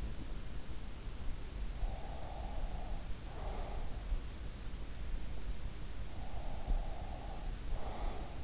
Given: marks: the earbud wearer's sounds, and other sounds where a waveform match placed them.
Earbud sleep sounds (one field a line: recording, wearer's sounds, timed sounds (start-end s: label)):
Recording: sounds in sleep by an in-ear microphone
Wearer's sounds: breath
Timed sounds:
1.48-4.36 s: breath
5.88-8.44 s: breath